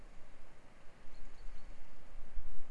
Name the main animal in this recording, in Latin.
Fringilla coelebs